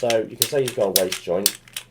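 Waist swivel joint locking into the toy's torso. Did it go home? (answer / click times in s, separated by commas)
no / none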